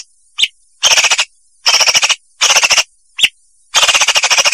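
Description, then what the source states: Leafbird song: short rattling bursts of fast repeated notes with a couple of single sharp notes between them, in a stop-start pattern. Vietnam variety; training (masteran) recording used for tutoring birds.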